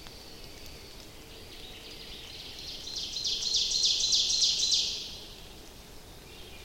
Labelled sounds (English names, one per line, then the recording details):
Ovenbird song
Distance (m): 50 m
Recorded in boreal forest in Alberta, Canada, on 29 May 2016 at 06:56
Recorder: SongMeter 3, array SBT-3-49
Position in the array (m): 73 m, 256 m
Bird 14